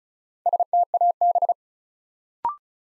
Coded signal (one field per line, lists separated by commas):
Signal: Morse code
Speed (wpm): 36 wpm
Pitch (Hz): 700 Hz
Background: none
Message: STAB